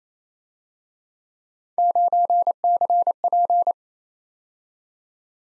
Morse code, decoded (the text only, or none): 9CP